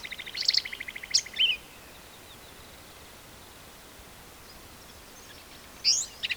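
Black-capped vireo song: a short buzzy rattle and sharp slurred notes, then a long pause before another brief burst of high, scratchy notes.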